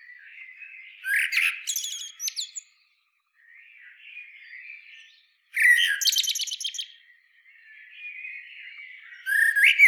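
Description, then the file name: Common blackbird song: two separate strophes, each a low fluty opening ending in a fast, squeaky high twitter, with soft warbling between them. "Turdus merula"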